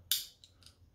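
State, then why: Seated. A springy steel hammer/lock mechanism part is pushed into the frame of a Tokarev pistol during reassembly and snaps home with a sharp, bright metallic click at 0.1 s. Two fainter ticks follow at about 0.4 and 0.7 s, and the part is seated.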